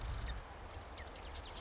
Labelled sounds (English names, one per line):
Marsh Wren